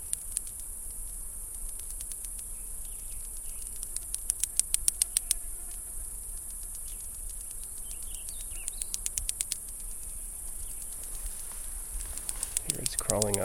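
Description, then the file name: Cicadas keep up a constant high buzzing drone with repeated volleys of crisp clicks; a brief lower, wavering sound comes in near the end. Cicadas recorded in July 2008. "2008-07 cicadas"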